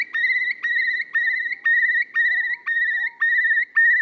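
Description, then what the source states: Eurasian curlew bubbling trill of rapid warbling notes, broken about twice a second by sharp upward flicks and occasional soft falling whistles. Call said to interweave major and minor keys thanks to a special voice box and to stop people in their tracks; species once bred on Ashdown Forest but is now gone there.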